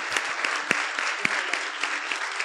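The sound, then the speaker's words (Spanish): A church group claps steadily for the team and participants after a children's club festival for Children's Day, a dense patter of many hands with sharper individual claps poking through, sustained at a moderate level for the whole stretch without any voices. “les pido también a todos, ¿no?, y también al equipo, que es el que se llevó la parte más pesada, digamos, del trabajo, un aplauso, ¿sí?, a Dios y también a todos los que participaron.”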